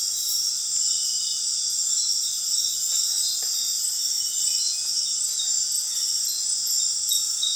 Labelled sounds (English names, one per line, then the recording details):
none
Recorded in dense forest near Puerto Asís, Putumayo, Colombia, on 20 February 2024 at 00:30
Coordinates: 0.502, -76.326
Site G6460